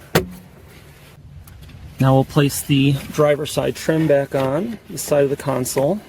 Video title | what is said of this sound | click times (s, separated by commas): 2022-2026 Chevy Silverado - GMC Sierra | Next, we'll put the fuse box cover back on. This simply snaps in place. | 0.1 s